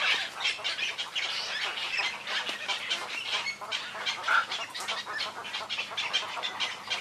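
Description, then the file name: Cattle egrets in constant chatter of raspy croaks from many birds, a steady wall of overlapping harsh calls. "黃頭鷺"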